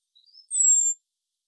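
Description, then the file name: Common blackbird high thin call, a sustained descending whistle, preceded by a few faint, short, softer high notes. "Turdus merula"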